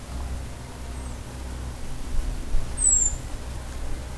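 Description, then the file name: European robin: a faint high note, then one clear, thin, downslurred whistle near the end, set against a constant low hum. "Erithacus rubecula"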